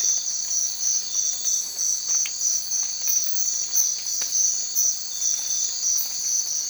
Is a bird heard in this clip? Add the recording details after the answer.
no. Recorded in secondary vegetation near Puerto Asís, Putumayo, Colombia, on 30 June 2025 at 04:30. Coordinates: 0.499, -76.323. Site G077